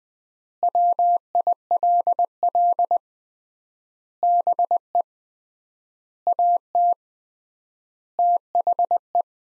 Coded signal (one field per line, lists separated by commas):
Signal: Morse code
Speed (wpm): 21 wpm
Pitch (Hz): 700 Hz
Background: none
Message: WILL BE AT THE